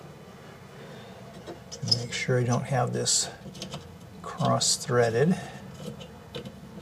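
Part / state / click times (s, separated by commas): nut on a threaded stud of a radio chassis / not seated / none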